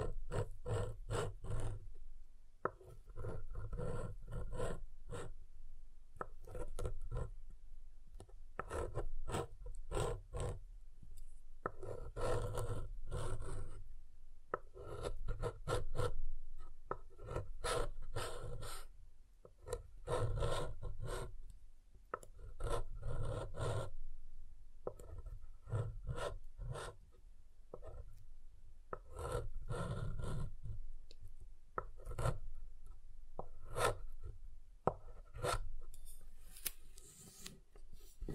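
Soap being tapped and carved, with a dense run of short scraping and tapping strokes that repeat unevenly throughout. Each stroke gives a dry, rasping scrape with a low thump beneath, the rhythm quickening in bursts and easing in brief gaps.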